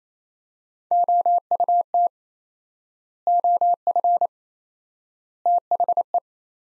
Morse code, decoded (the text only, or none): OUT OF THE